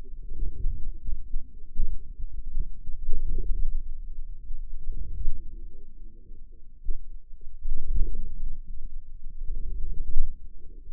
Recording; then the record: forearm muscle sounds (acoustic myography)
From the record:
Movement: inward rotation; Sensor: system 2, bracelet of six BSWA MPA416 microphones around the upper forearm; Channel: 6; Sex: female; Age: 21 years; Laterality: right